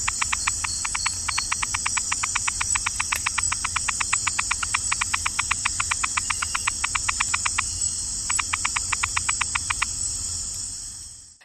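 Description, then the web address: Malkin's rain frog call: long rapid train of sharp clicking pulses, about four per second, briefly pausing then resuming, over a continuous high insect whine. Recorded in the Ecuadorian Amazon, South America. "Natures Songs S America Frogs of Ecuadorian Amazon Eleutherodactylus malkini"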